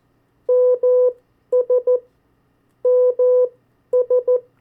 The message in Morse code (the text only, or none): MS MS